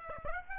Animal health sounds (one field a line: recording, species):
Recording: mosquito wingbeat signal from an infrared sensor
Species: Aedes aegypti